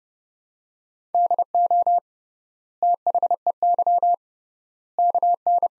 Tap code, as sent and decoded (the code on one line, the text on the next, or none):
none